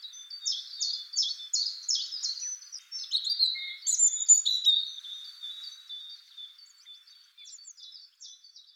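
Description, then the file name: European robin singing a rapid series of high, sharp repeated notes, then tumbling twittered and whistled phrases that fade into softer, quieter warbling. "Erithacus rubecula"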